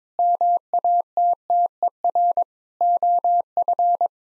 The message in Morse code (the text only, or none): MATTER OF